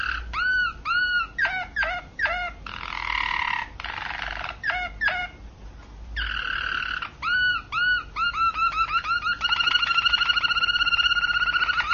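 Domestic canary singing a long varied song: rapid repeated chirps, buzzy trills and rolling tours, ending in a fast sustained trill.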